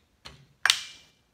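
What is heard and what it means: A Husqvarna chainsaw's chain brake, the mechanism on the clutch side of the saw, is reset by pressing on the side while pulling the brake handle back. A soft scrape at 0.3 s is followed by a sharp, bright metallic click at 0.7 s that rings briefly. The chain brake resets and disengages.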